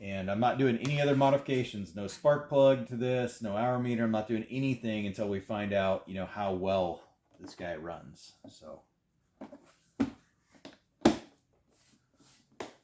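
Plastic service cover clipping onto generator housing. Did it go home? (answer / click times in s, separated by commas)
yes / 10.6 s, 11.1 s, 12.6 s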